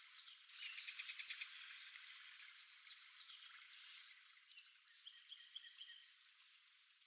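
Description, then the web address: African blue tit song: high, bright phrases of downslurred notes, one short opening phrase and then a longer series of repeated note groups. Subspecies ultramarinus; song. "Schulze Peter African Blue Tit"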